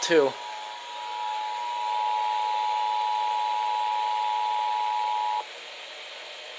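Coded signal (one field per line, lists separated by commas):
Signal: Emergency Alert System (SAME) tones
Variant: 853 and 960 Hz attention tone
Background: speech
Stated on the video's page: Maine Monthly EAS Test by NWS Caribou, relayed by FM broadcast stations.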